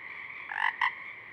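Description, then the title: Pacific chorus frog making one short two-syllable ribbit against a steady background drone of calling frogs. A few Pacific chorus frogs singing at dusk; recorded through a parabolic reflector, simultaneously with a double mid-side rig 50 feet away. "Pacific Chorus Frogs (Pseudacris regilla), dusk, Parabolic"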